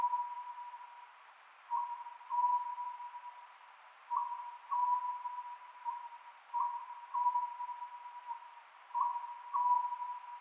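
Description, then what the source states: Oriental scops owl calling, a short note followed by a longer drawn-out hoot, the phrase repeated about every two and a half seconds over a steady faint tone. Recorded 27 May 2010 at 22:21.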